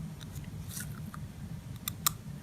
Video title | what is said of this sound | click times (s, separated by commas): Insert & Review - Excerpt from Dr. Wong's '2-Day Introduction to Postural Orthodontics' | you'll hear it snap in if you've added the right amount of bend | 1.9 s, 2.1 s